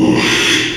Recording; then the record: squeal of a Yucatan mini pig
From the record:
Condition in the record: after surgery on the right vocal fold (resection and tissue-engineered implant); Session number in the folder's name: 1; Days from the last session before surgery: 6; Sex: male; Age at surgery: 12 weeks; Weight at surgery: 13 kg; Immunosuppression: cyclosporine, prednisolone